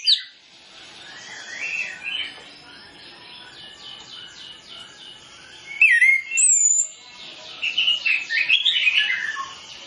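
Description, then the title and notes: Orange-headed Thrush song with clear rising and falling whistles, loudest around the middle and toward the end, set against busy softer chirping. Master tutor recording of full 'isian' fill-in song, used as a lure so Orange-headed Thrushes quickly start singing fully (ngeplong). "Masteran Anis Kembang Full Isian Untuk Suara Pancingan Anis Kembang Agar Cepat Ngeplong. Suara Burung Anis Kembang"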